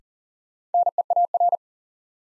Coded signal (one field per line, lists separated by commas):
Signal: Morse code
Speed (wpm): 40 wpm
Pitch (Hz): 700 Hz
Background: none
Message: NEAR